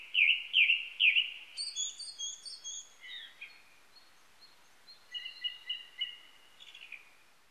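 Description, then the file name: Japanese thrush song: three loud, slurred whistled notes, then a quick run of high, varied twittering phrases and softer repeated fluty notes. Recorded on 19 April 1998. "980419 kurotugumi"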